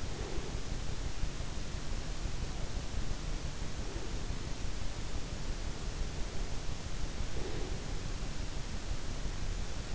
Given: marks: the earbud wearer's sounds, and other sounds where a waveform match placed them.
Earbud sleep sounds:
sounds in sleep by an in-ear microphone; breath
0.00-0.81 s: breath
3.60-4.44 s: breath
7.12-8.04 s: breath

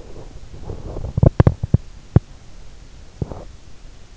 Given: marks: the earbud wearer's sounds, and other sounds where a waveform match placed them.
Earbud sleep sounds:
sounds in sleep by an in-ear microphone; teeth grinding
0.01-3.26 s: teeth grinding

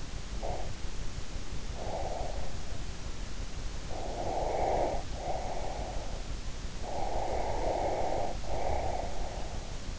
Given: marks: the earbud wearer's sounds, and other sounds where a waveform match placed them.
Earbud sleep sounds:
sounds in sleep by an in-ear microphone; breath
0.00-2.51 s: breath
3.76-6.15 s: breath
6.88-9.74 s: breath

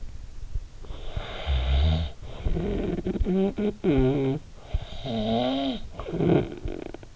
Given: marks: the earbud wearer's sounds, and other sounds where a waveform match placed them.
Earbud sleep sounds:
sounds in sleep by an in-ear microphone; snoring breath
0.76-7.16 s: snoring breath

